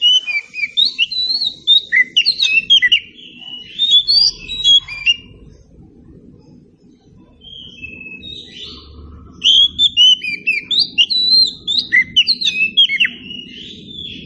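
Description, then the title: Oriental magpie-robin sings bursts of varied whistles and chattering notes, with a quieter pause in the middle, over a steady low background hum. Indonesian title says the recording is meant to make magpie-robins sing in reply. "Nyaut Kacer"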